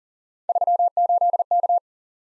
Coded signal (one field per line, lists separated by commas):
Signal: Morse code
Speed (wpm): 46 wpm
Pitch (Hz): 700 Hz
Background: none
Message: 38K